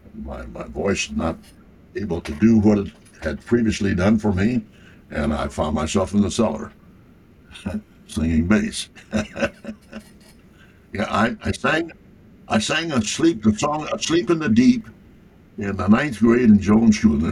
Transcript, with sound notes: voice not able to do what it had previously done for me, and I found myself in the cellar singing bass. [LAUGHTER] Yeah, I sang a song, "Asleep in the Deep," in the ninth grade in Jones School.